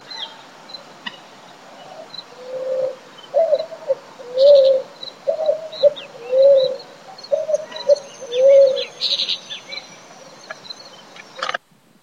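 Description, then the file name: Picazuro pigeon cooing, a series of low hooting notes, with chirping birds and insect buzz in the background. Recorded in Uruguay on 2-3-12. "Patagioenas-picazuro-LDiario-UR-2-3-12-ASilveira"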